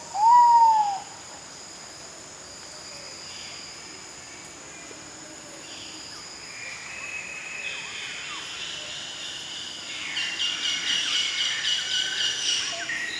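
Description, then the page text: Ivory-breasted pitta giving one loud, short, slurred whistle at the start, followed by steady insect buzzing and chirping that grows louder and denser toward the end. "Marc Anderson - Питта-великан (Pitta maxima)"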